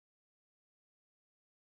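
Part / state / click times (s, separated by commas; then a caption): coin cell battery into car key fob / not seated / none. A CR2032 coin cell, plus side down, is being pressed into its slot in the plastic housing of a 2016–2025 Chevy Malibu key fob; a fully seated battery would click. The clip is silent until a brief burst of sound at about 1.6 s at the very end, and nothing has seated or clicked yet.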